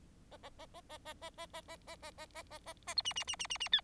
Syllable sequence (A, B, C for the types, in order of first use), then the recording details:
A A A A A A A A A A A A A A A A A B C C C C C C D. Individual Bird4